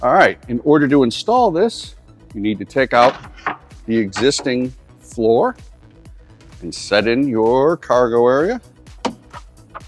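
A plastic cargo storage box is being handled for installation into the load compartment floor of a Land Rover Defender SUV, with the existing floor panel taken out. Someone talks over faint knocks and a sharp tap near the end. Nothing has seated or clicked yet.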